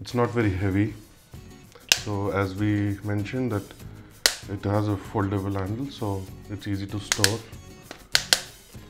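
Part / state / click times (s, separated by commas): foldable plastic handle locking on hair dryer body / seated / 8.2 s, 8.3 s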